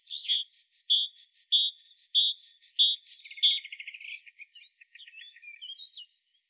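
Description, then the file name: Great tit singing a series of high-low two-note phrases, ending in a short buzzy rattle and a few soft, scattered chips. "Parus major"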